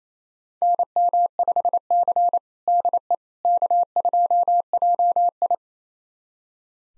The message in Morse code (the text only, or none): NM5C DE K2JI